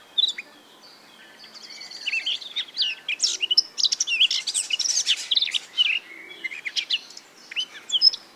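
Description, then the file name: Eurasian blackcap song: a steady, rapid warble of squeaky and whistled notes over a faint background hiss. "Sylvia atricapilla"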